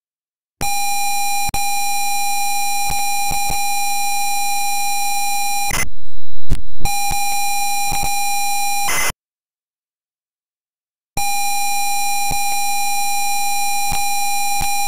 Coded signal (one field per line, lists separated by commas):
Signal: ZX Spectrum tape loading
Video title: ZX Spectrum 48K - Space Raiders loading